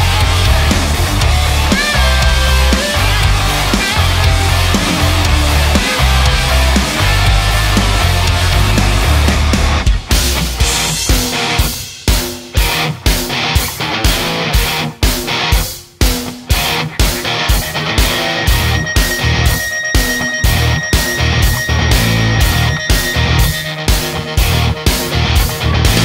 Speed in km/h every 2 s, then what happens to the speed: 80, 80, 76, 72, 71, 71, 67, 69, 72, 72, 73, 73, 73.
0-12 slows to 67. 12-26 steady at about 72.